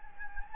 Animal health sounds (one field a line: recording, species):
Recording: mosquito wingbeat signal from an infrared sensor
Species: Anopheles gambiae